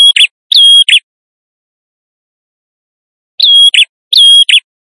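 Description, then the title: Prinia: two clusters of shrill chirped calls, each a steady high whistle that clips off sharply, with a long silence between them. Visiting male prinia in full, vigorous song; used as an effective lure. "Suara Prenjak Tamu Jantan Gacor - Pancingan Ampuh"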